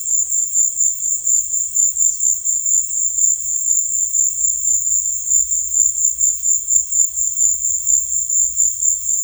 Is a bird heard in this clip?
no